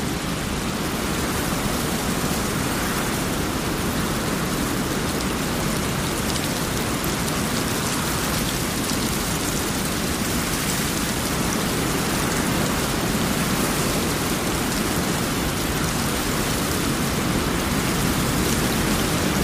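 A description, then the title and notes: Raindrops fall in a dense, steady patter that fills the whole stretch without pause. The hiss is full, spanning low thuds to bright splashes, with a faint low rumble underneath. The loudness stays level throughout. Raindrops Sounds For Sleeping Or Studying - White Noise.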